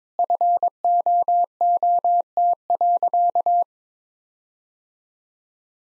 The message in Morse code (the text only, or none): FOOT.